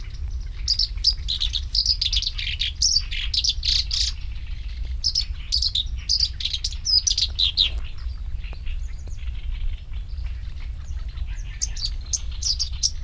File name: warbler-black-browed-reed a-Acrocephalus-bistrigiceps